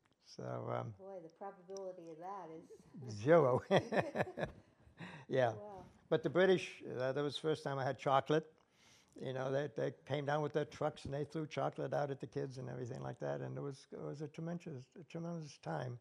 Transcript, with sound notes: So,
Boy, the probability of that is,
Zero. (both laugh) Yeah. But the British, that was the first time I had chocolate. You know, they came down with their trucks and they flew chocolate out at the kids and everything like that and it was a tremendous, tremendous time